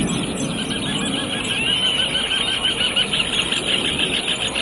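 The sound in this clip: Cattle tyrant song: a continuous run of high, squeaky twittering notes, rapidly repeated throughout, over a steady low rumbling background noise.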